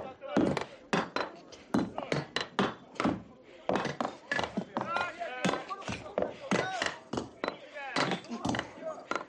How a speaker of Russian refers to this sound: Тот неутомимо работает заступом. Бориска с азартом бьет тяжелым заступом.